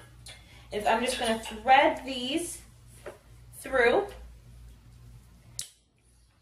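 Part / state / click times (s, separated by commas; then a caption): booster seat strap buckle into its receiver / seated / 5.6 s. A Fisher-Price Thomas & Friends Tray Play booster seat's back strap is threaded through, and its plastic buckle is pushed into its receiver while someone talks. A sharp click sounds at 5.6 seconds as the buckle latches shut, leaving the strap secure.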